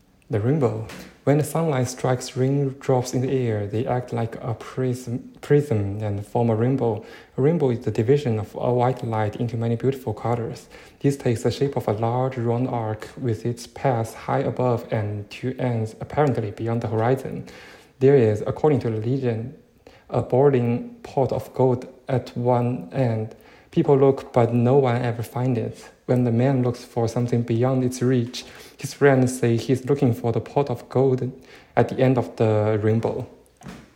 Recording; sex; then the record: reading aloud after running; male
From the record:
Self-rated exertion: light exertion (2 of 6); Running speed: 7 miles an hour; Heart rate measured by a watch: 111 beats a minute at the start, 104 at the end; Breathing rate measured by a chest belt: 15 breaths a minute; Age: 24 years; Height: 185 cm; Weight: 79 kg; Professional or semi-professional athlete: no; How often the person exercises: 1 to 2 times a week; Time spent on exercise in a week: 2 to 3 hours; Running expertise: no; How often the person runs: 1 to 2 times a week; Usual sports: running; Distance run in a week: 20 km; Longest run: 10 km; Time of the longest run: 50 minutes